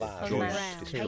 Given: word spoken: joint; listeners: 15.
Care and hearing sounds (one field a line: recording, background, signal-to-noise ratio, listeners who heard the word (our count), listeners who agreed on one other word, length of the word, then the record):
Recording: one English word in noise, from a listening test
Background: four-talker babble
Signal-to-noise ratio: -2.7 dB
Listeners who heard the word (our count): 0 of 15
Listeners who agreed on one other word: 8 of 15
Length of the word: 0.68 s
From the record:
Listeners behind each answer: 8, 2, 1, 1, 1, 1, 1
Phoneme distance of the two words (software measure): 27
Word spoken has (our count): 1 syllable, 4 phonemes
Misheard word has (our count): 1 syllable, 3 phonemes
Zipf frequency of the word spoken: 4.30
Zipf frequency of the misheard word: 4.44